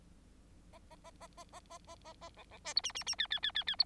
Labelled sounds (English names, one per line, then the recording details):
Bengalese Finch song
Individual Bird9